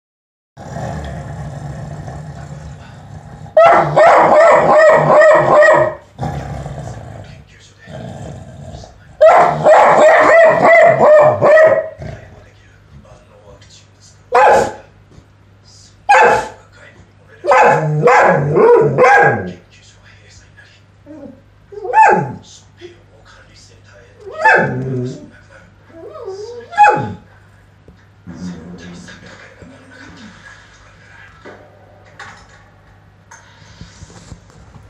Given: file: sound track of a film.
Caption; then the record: An abnormal behavior episode of case 1 showing aggressive growling at the family members while resting in the bed. This dog bit the client on the arm requiring the emergency room visit for deep bite wound treatment. The episode typically lasted for ~1 min.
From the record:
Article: Abnormal Behavior Episodes Associated With Zonisamide in Three Dogs: A Case Report